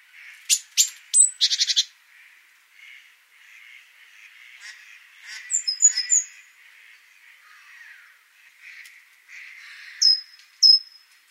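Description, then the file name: Great tit calls: a burst of dry rattling clicks at the start, then soft buzzy churring and several thin high whistled notes later. "Parus major"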